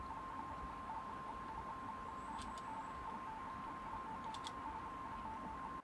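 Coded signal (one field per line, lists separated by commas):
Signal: RTTY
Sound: warbling two-tone teletype chatter near 1 kHz over hiss, a few clicks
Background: radio static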